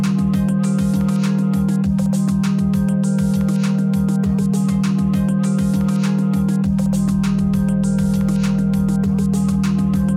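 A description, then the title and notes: Binaural beats: a steady, unbroken low hum sits at the centre of the sound throughout, at an even level. Over it runs a busy layer of quick, crisp ticks and taps, while a deep pulsing bass underneath turns into a fuller, sustained rumble at about seven seconds. 90 minutes of Binaural Beats Meditation Frequencies and Tones adjusted to the psilocybin microdoser.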